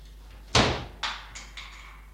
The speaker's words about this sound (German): Sprengt die Türen.